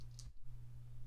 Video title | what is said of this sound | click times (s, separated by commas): The Vintage Collection Rancor?ㅣThoughts? - Star Wars HasLab Campaign | use clips to snap into place allowing you to remove them from the rancor's wrist which is always a nice feature | 0.2 s